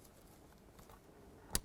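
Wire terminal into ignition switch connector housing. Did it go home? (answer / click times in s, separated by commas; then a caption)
yes / 1.6 s. A red wire terminal is lined up with its hole in the ignition switch connector of a 2002-2009 Chevrolet Trailblazer and pushed in. After a quiet stretch, a single sharp click at 1.6 s marks the terminal locking in place, seated in the connector.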